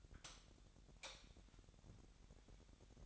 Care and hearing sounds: daily activity, microphone in the room; light off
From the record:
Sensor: 3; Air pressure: 1011.9 hPa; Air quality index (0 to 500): 233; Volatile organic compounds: 5 ppm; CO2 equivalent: 1727 ppm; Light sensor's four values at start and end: 16/41/17/17 and 14/32/14/14

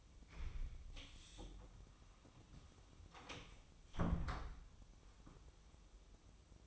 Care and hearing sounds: daily activity, microphone in the room; close door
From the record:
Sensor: 1

